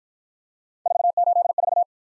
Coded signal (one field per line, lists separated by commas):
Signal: Morse code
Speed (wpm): 47 wpm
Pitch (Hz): 700 Hz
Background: none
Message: 484